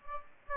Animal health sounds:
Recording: mosquito wingbeat signal from an infrared sensor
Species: Aedes aegypti

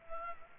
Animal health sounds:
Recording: mosquito wingbeat signal from an infrared sensor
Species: Culex pipiens

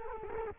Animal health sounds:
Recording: mosquito wingbeat signal from an infrared sensor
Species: Culex quinquefasciatus

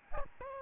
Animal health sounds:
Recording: mosquito wingbeat signal from an infrared sensor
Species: Aedes albopictus

